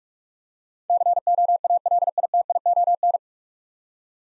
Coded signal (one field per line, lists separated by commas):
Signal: Morse code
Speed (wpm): 42 wpm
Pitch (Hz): 700 Hz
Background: none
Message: COALITION